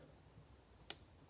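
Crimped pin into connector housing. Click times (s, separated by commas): 0.9 s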